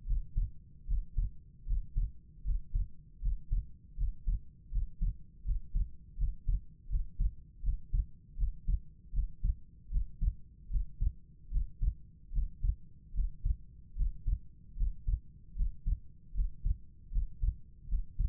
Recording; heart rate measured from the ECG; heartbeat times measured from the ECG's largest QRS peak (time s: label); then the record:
heart sounds by stethoscope; 77 bpm
0.05 s: heartbeat
0.86 s: heartbeat
1.65 s: heartbeat
2.43 s: heartbeat
3.20 s: heartbeat
3.96 s: heartbeat
4.70 s: heartbeat
5.44 s: heartbeat
6.16 s: heartbeat
6.88 s: heartbeat
7.62 s: heartbeat
8.36 s: heartbeat
9.12 s: heartbeat
9.90 s: heartbeat
10.69 s: heartbeat
11.50 s: heartbeat
12.31 s: heartbeat
13.13 s: heartbeat
13.95 s: heartbeat
14.75 s: heartbeat
15.54 s: heartbeat
16.33 s: heartbeat
17.10 s: heartbeat
17.87 s: heartbeat
From the record:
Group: healthy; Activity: rest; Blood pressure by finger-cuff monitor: 99/73 mmHg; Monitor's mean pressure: 81 mmHg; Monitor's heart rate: 78 bpm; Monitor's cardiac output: 5.5 L/min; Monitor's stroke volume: 71 mL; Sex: female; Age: 32 years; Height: 172 cm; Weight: 71.7 kg